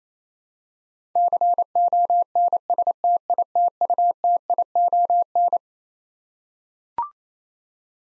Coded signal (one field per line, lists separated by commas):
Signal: Morse code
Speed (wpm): 27 wpm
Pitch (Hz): 700 Hz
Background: none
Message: CONSTITUTION